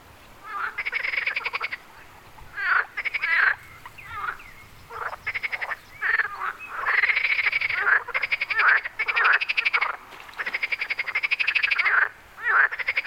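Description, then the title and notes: Chorus of frogs giving trilling, rattling croaks in phrases of a second or so, separated by short gaps. Frogs on Wyspa Sobieszewska, Gdańsk, Poland. "Wyspa Sobieszewska, Gdańsk, Poland - Frogs. Żaby. rec Rafał Kołacki"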